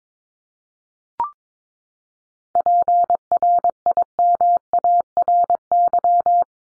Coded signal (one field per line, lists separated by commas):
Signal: Morse code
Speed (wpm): 22 wpm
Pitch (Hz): 700 Hz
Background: none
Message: PRIMARY